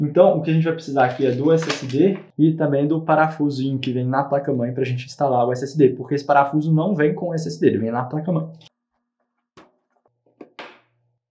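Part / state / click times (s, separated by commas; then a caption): M.2 SSD mounting standoff into motherboard / seated / 10.6 s. Someone talks for about the first 8.7 seconds, then a small mounting piece that comes with the motherboard rather than with the SSD, used to hold an M.2 SATA SSD, is pressed into the motherboard. A few faint ticks follow in the quiet, and a sharp click at 10.6 s marks the M.2 SSD mounting standoff seating in place.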